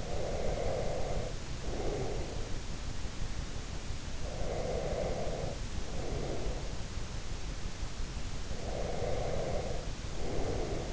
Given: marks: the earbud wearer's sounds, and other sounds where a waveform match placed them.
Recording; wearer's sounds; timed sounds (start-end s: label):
sounds in sleep by an in-ear microphone; breath
0.00-2.45 s: breath
4.11-6.85 s: breath
8.37-10.93 s: breath